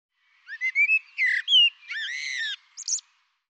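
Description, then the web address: Bird calls in a sequence of slurred whistles, a buzzy note and a drawn-out harmonic note, ending with two quick high chirps. "cianscape birddata Deverinetal 2025 Bird Tu Me Tu Me"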